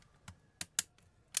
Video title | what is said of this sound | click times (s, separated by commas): infinix hot 30 play stock logo.pag naka charge saka lang mag open.tagalog full tutorial video | pag narinig yung tumutunog-tunog yan, ibig sabihin nag-lock na nun. | 0.3 s, 0.6 s, 0.8 s, 1.4 s